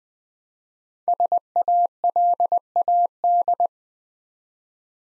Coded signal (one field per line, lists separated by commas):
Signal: Morse code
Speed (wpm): 20 wpm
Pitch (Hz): 700 Hz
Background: none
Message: SALAD